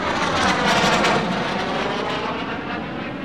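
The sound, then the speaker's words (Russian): A loud, steady roar of military jet aircraft engines climbing again, away from a passenger airliner, a dense rushing drone that swells early and then eases slightly over a few seconds, with no voices. “Самолеты снова начали набирать высоту, когда пассажирскому лайнеру уже ничто не угрожало.”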